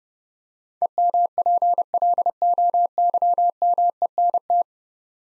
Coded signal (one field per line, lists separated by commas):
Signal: Morse code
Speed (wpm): 30 wpm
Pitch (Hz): 700 Hz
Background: none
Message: EMPLOYMENT